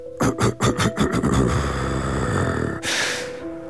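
A farmer's tractor engine, driving through a forest, chugs in quick, rhythmic low pulses, then settles into a steady rumbling drone, ending with a brief burst of hissing noise.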